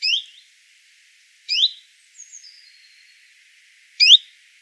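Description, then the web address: Common chiffchaff giving three rising 'hweet' calls at irregular intervals, with a faint high whistled note between them. "phylloscopus collybita call"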